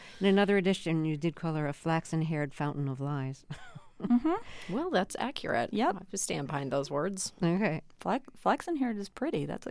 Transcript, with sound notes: in another edition you did call her a flaxen-haired fountain of lies.
(Laughter).
Well, that's accurate.
Yep.
I'll stand behind those words.
OK.
Flaxen-haired is pretty.